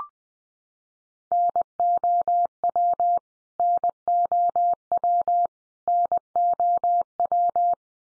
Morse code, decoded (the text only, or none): NOW NOW NOW